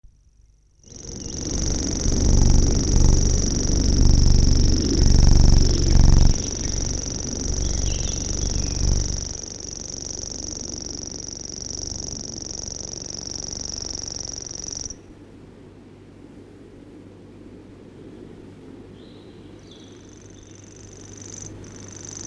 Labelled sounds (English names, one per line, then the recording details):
Common Grasshopper Warbler song
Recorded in the wild
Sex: male
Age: adult
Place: Friedrichsmoor, Landschaftsschutzgebiet Lewitz, Mecklenburg-Vorpommern, DE
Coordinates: 53.4572, 11.5731
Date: 1965-05-19
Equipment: Grundig TK 4, BG 20/6 - 19 cm/s
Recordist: Schubert, Michael